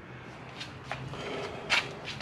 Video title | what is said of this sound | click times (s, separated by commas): DIY - Retractable rear step ladder Install Sea Doo 230 GTR (Test Run) | reach in there and it actually locks in place so put it more or less and then | 0.9 s